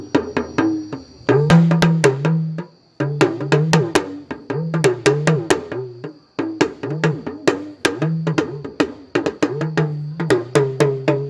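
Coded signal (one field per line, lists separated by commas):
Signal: talking drum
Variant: Yoruba dùndún, oriki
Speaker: That's what we call talking drum, oriki.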